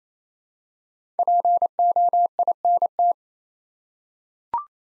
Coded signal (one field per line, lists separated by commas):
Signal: Morse code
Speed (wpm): 28 wpm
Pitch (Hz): 700 Hz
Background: none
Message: POINT